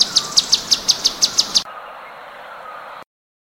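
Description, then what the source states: Cucak cungkok producing a steady series of about ten sharp, high chirps in under two seconds, followed by quiet. Tembakan song, for training songbirds.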